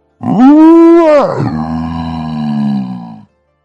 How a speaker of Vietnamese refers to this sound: Trên trời cao, con lục túc đao với cái đầu hình tam giác nhìn chằm chằm xuống phía dưới, trong yết hầu phát ra tiếng gầm chói tai.